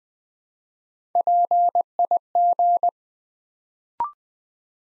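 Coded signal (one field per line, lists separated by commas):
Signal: Morse code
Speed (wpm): 20 wpm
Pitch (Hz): 700 Hz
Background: none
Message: PIG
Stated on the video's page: Morse practice at 20 WPM for beginners, sending 3-letter words one letter at a time to build instant character recognition.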